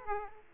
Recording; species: mosquito wingbeat signal from an infrared sensor; Aedes aegypti